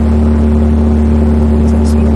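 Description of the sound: Steady low droning hum with no breaks, a simulated low-pitched tinnitus sound played through an amplifier.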